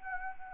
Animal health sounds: mosquito wingbeat signal from an infrared sensor; Anopheles arabiensis

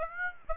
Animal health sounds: mosquito wingbeat signal from an infrared sensor; Aedes aegypti

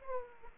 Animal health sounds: mosquito wingbeat signal from an infrared sensor; Aedes aegypti

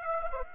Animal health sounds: mosquito wingbeat signal from an infrared sensor; Aedes aegypti

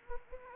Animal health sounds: mosquito wingbeat signal from an infrared sensor; Anopheles gambiae

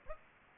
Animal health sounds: mosquito wingbeat signal from an infrared sensor; Aedes aegypti

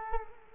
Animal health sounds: mosquito wingbeat signal from an infrared sensor; Culex quinquefasciatus

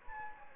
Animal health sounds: mosquito wingbeat signal from an infrared sensor; Anopheles gambiae

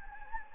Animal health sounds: mosquito wingbeat signal from an infrared sensor; Anopheles gambiae

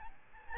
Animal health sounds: mosquito wingbeat signal from an infrared sensor; Aedes albopictus

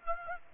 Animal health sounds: mosquito wingbeat signal from an infrared sensor; Aedes aegypti

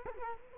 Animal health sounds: mosquito wingbeat signal from an infrared sensor; Culex quinquefasciatus

